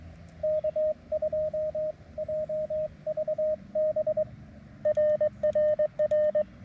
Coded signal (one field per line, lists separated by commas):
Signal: Morse code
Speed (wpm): 21 wpm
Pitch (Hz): 610 Hz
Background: radio noise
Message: K2JVB RRR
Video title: Bicycle + Morse Code + POTA = A Great Summer Evening!